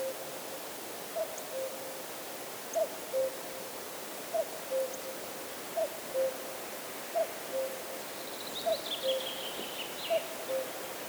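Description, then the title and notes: Common cuckoo repeating its low two-note cu-coo seven times in a steady series; a higher, faint bird twitter enters near the end. Calling near the Laya river, Arkhangelsk Region, Russia; recorded on a Zoom H4n. "cuckoo, Arkhangelsk Region, Russia. кукушка, в районе реки Лая"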